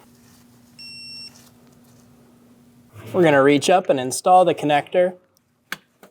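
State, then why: Seated. A plastic wiring harness connector is reached up to and pushed onto the new crankshaft position sensor of a 2001-2006 Chevrolet Silverado 2500 HD 8.1L V8. A faint high beep sounds around 0.8–1.3 s, then someone talks, and a sharp click at 5.7 s is followed by a soft tick near 6.0 s. The connector is locked on and seated.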